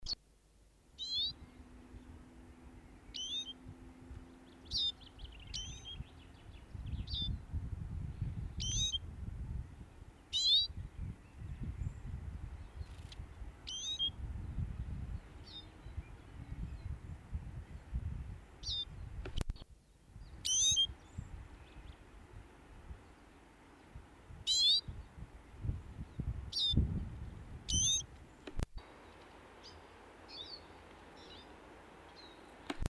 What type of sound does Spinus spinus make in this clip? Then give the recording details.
call. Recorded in the wild. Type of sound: call. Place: Garmisch-Partenkirchen, Bayern, DE. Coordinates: 47.4931, 11.0636. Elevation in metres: 780. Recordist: Tretzel, Erwin. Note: Aufnahme Ostern 1971, Almhüttensenke, Garmisch-Partenkirchen: Kontaktrufe